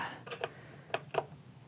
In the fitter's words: just clicks right in there now